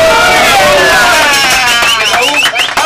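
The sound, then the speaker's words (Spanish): A loud crowd of LDU supporters cheers and whoops at a carnival celebration, applauding the Murga, with rising and falling shouted tones and whistles over a dense wash of clapping that continues without pause. “Por favor, señores, un aplauso gigante para la Murga.”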